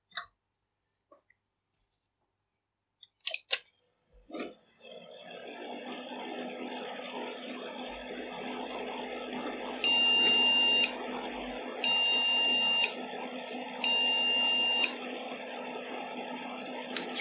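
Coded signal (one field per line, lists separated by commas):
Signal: beep code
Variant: PC BIOS POST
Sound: power-on clicks, fan spins up, then three evenly spaced one-second high beeps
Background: computer fan noise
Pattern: 3 long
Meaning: Three beeps indicate a memory (RAM) or video card fault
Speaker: that's normally ram or video card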